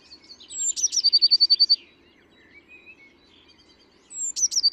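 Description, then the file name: Eurasian blue tit song: a high thin note leading into a rapid trill, then a pause and the start of another, over light background chatter. "Cyanistes caeruleus"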